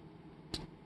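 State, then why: Seated. A plastic joint cover piece is snapped onto the polycap joint of an HGUC MS-06FZ Zaku II FZ model kit. A single sharp click sounds at 0.5 s over quiet background noise, and the cover seats in place.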